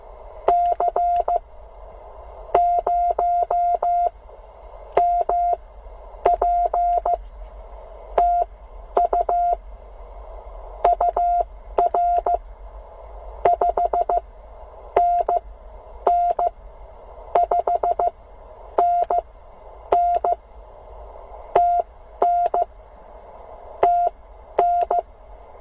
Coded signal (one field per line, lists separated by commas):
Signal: Morse code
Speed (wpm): 15 wpm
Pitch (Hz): 690 Hz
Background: none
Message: C0MP TU UR 5NN 5NN TN TN